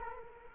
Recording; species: mosquito wingbeat signal from an infrared sensor; Culex quinquefasciatus